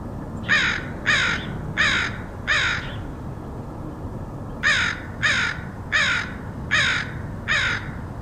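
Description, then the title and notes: Crow's harsh cawing, a run of four calls, a gap of under two seconds, then five more evenly spaced. Crows recorded in Portland, Oregon, in August 2003. "Dronecast: Crows of Portland. Crows recorded by Dan Bodah in Portland, OR, August 2003"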